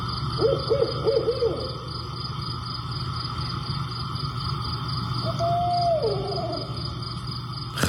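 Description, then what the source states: Barred owl hoots: a quick run of barking hoots, then after a pause one long note that slides downward, with steady pulsing insects behind. Cross Junction, Virginia, USA; sent in by a listener's friend.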